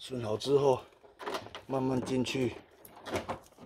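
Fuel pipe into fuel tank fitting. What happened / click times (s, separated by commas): The fuel line did not latch into its fitting / none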